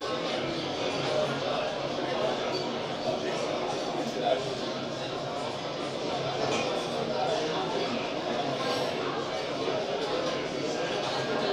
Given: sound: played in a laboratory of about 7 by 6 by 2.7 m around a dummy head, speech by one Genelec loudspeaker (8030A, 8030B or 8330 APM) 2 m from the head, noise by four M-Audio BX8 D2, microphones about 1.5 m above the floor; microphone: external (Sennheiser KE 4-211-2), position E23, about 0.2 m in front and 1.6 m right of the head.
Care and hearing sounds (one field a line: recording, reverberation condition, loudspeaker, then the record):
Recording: cafeteria noise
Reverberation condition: medium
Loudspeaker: four, about 170 cm from the corners of the room and facing them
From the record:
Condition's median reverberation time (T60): about 510 ms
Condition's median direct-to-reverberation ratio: about -0.5 dB